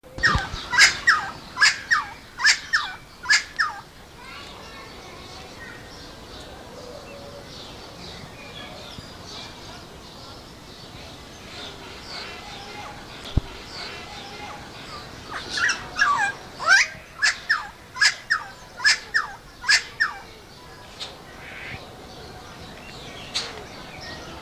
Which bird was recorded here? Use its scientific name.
Philemon buceroides